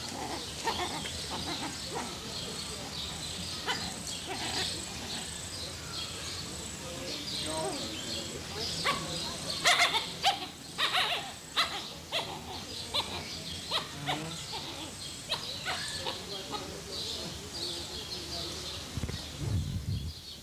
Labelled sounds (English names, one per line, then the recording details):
Gray Wolf
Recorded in captivity
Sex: group
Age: adult
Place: Zoo Berlin, Berlin, DE
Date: 2003-06-27 20:31
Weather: fair, 25°C
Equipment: Fair Mate ST-1328 (Asahi Electronics, Japan), Sennheiser ME 80, Kopie Uher 4000 Report Monitor
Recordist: Tembrock, Günter
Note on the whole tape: Kanadischer Wolf: Heulen und Bellen der Gruppe mit drei Jungtieren (geboren am 06.05.2003) um 20.31 Uhr. Dann um 20.38 Uhr nochmals